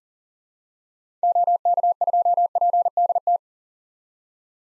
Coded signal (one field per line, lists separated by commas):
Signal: Morse code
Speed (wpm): 40 wpm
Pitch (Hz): 700 Hz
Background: none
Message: OK2PDT